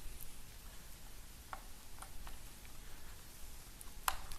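A second RAM stick is pushed into a motherboard memory socket, with a few faint ticks and scrapes as it is worked into place. A sharp, loud click at 4.1 s is the retention clip snapping shut as the module seats.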